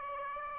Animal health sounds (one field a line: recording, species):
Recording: mosquito wingbeat signal from an infrared sensor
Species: Aedes aegypti